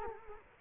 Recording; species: mosquito wingbeat signal from an infrared sensor; Culex quinquefasciatus